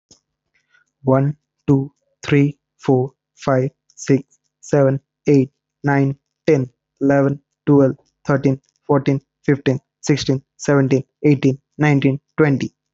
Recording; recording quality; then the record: counting at a normal pace; excellent, no background noise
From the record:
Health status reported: healthy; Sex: male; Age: 25 years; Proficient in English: yes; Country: India